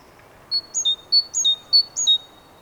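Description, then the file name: Great tit song, three crisp three-note phrases, each ending in a steady lower whistle, sung briskly. "Parus major"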